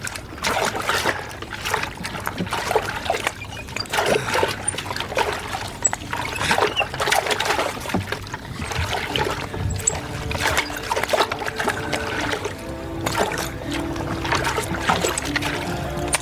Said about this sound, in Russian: На лодке обследуют дно реки.